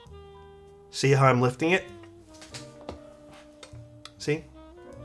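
A keyboard case half is handled and lifted toward its mating frame, where it will clamshell in and lock into place, while someone talks over a steady tonal background hum. A few light handling knocks land at about 2.9, 3.6 and 4.1 s. Nothing has seated or clicked yet by the end of the clip.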